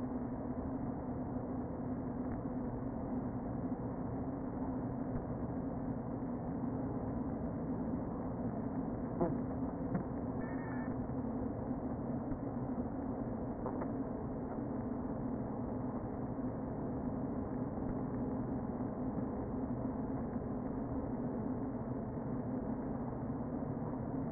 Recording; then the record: honeybee colony, microphone inside the hive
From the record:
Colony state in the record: queen present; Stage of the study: before two queens were removed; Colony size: about 60,000 bees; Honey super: yes